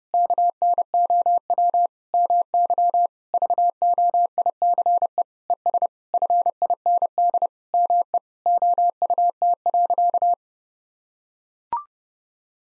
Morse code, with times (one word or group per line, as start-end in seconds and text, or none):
0.1-1.9 KNOW
2.1-3.1 MY
3.3-5.2 VOICE
5.5-5.9 ES
6.1-7.5 FIND
7.7-8.2 ME
8.5-10.3 OUT.